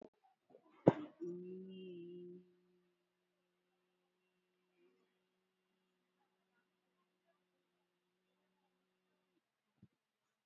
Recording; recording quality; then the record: sustained vowel as in beet; poor, much background noise or distortion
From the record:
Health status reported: COVID-19 positive, moderate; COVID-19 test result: positive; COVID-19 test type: RT-PCR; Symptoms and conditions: cold, fever, muscle pain, diarrhoea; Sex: female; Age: 42 years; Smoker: no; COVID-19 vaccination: both doses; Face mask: worn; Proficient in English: yes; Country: India